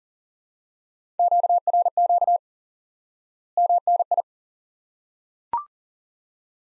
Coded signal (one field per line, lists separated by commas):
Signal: Morse code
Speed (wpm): 40 wpm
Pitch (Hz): 700 Hz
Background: none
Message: QRQ MNI